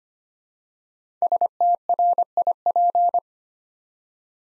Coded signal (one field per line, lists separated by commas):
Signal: Morse code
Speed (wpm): 25 wpm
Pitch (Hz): 700 Hz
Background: none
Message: STRIP